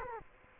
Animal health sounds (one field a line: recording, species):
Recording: mosquito wingbeat signal from an infrared sensor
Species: Culex quinquefasciatus